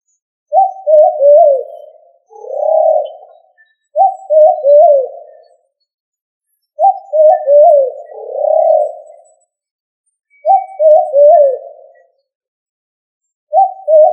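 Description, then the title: Pigeon giving a series of low, throaty rolling coos, several phrases of stuttering pulses followed by a longer hum, repeated every few seconds. "Familia ColumbidaePomba"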